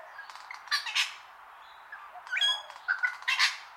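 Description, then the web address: Wattlebird harsh calls: raspy, squawking bursts in two clusters, one near the start and another late, with thin higher notes between them. Long call. "Sound Effects-Foundation 1 BIRD WATTLE BIRD CALL LONG"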